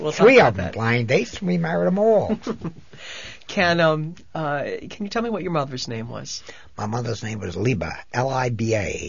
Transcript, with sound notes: Three of them, blind dates. We married them all.
( he laughs ) Can you tell me what your mother's name was.
My mother's name was Liba, L-I-B-A.